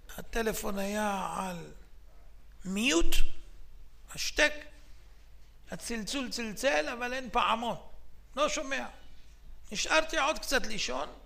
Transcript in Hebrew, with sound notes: הטלפון היה על מיוט, (שקט) הצלצול צלצל אבל אין פעמון, לא שומע. נשארתי עוד קצת לישון